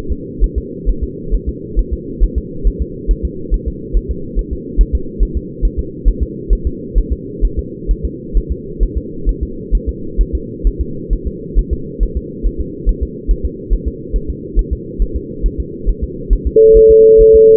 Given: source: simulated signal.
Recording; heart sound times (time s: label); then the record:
fetal heart sounds
0.12 s: S2
0.44 s: S1
0.58 s: S2
0.89 s: S1
1.03 s: S2
1.34 s: S1
1.49 s: S2
1.79 s: S1
1.93 s: S2
2.23 s: S1
2.38 s: S2
2.67 s: S1
2.82 s: S2
3.11 s: S1
3.25 s: S2
3.54 s: S1
3.68 s: S2
3.97 s: S1
4.11 s: S2
4.39 s: S1
4.53 s: S2
4.81 s: S1
4.95 s: S2
5.23 s: S1
5.37 s: S2
5.65 s: S1
5.79 s: S2
6.08 s: S1
6.23 s: S2
6.53 s: S1
6.67 s: S2
6.98 s: S1
7.12 s: S2
7.44 s: S1
7.59 s: S2
7.91 s: S1
8.05 s: S2
8.37 s: S1
8.51 s: S2
8.83 s: S1
8.97 s: S2
9.29 s: S1
9.43 s: S2
9.75 s: S1
9.89 s: S2
10.21 s: S1
10.35 s: S2
10.67 s: S1
10.81 s: S2
11.13 s: S1
11.27 s: S2
11.59 s: S1
11.73 s: S2
12.03 s: S1
12.17 s: S2
12.46 s: S1
12.61 s: S2
12.89 s: S1
13.03 s: S2
13.31 s: S1
13.45 s: S2
13.73 s: S1
13.88 s: S2
14.16 s: S1
14.30 s: S2
14.59 s: S1
14.73 s: S2
15.02 s: S1
15.16 s: S2
15.46 s: S1
15.60 s: S2
15.89 s: S1
16.04 s: S2
16.33 s: S1
16.47 s: S2
16.77 s: S1
16.91 s: S2
17.21 s: S1
17.35 s: S2
From the record:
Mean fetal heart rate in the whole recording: 135 bpm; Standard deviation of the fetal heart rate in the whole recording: 3 bpm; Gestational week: 36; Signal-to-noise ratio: -4.3 dB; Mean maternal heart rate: 72 bpm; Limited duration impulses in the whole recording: present